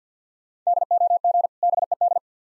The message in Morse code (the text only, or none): DOG BED